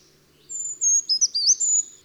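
Bird song: a high tone leads into loud, fast-changing whistles and slurred notes, ending on a long sustained high tone.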